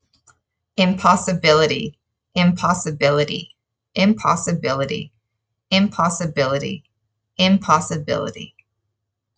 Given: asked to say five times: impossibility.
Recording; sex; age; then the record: repeated word; female; 30 to 39 years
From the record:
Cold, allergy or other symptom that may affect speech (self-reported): no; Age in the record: 35 years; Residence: Utah, United States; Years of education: 17